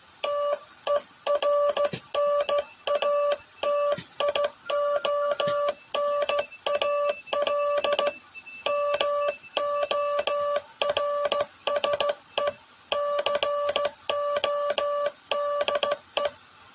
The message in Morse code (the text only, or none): TERNATIONAL MORSE CODE